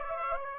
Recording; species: mosquito wingbeat signal from an infrared sensor; Aedes aegypti